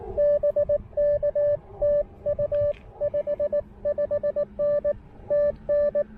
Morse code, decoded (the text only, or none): BK TU 55N TN